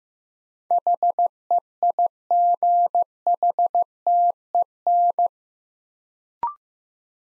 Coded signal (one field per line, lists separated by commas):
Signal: Morse code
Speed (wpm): 15 wpm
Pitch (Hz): 700 Hz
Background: none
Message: HEIGHTEN